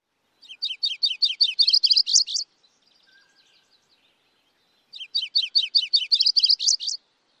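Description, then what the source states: MacGillivray's Warbler, two songs, each a series of repeated notes growing louder toward the end. One of various songs of the species; the bird likes dense thickets, shrubbery and willows.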